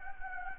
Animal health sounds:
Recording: mosquito wingbeat signal from an infrared sensor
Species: Anopheles gambiae

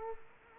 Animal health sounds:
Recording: mosquito wingbeat signal from an infrared sensor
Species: Culex quinquefasciatus

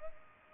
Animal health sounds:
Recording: mosquito wingbeat signal from an infrared sensor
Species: Culex pipiens

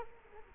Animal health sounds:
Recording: mosquito wingbeat signal from an infrared sensor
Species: Culex quinquefasciatus

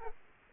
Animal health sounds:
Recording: mosquito wingbeat signal from an infrared sensor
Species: Aedes aegypti

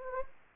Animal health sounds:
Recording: mosquito wingbeat signal from an infrared sensor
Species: Anopheles gambiae

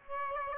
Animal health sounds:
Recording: mosquito wingbeat signal from an infrared sensor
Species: Aedes aegypti

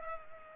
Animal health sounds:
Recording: mosquito wingbeat signal from an infrared sensor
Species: Culex pipiens

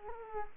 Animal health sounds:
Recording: mosquito wingbeat signal from an infrared sensor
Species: Culex quinquefasciatus

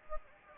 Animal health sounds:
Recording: mosquito wingbeat signal from an infrared sensor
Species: Anopheles gambiae

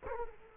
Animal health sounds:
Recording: mosquito wingbeat signal from an infrared sensor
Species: Culex quinquefasciatus

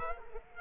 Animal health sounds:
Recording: mosquito wingbeat signal from an infrared sensor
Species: Culex quinquefasciatus

